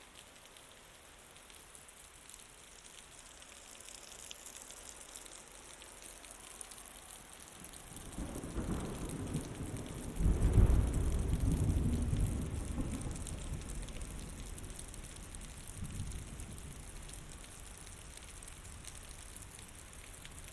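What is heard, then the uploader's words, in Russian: Night downpour hisses steadily throughout, a dense, even patter of rain. From about 7.5 seconds a low rumble of thunder swells in, peaking around 10 to 12 seconds with a deep roll, then fading slowly while the rain carries on unchanged. Капли субтропического дождя.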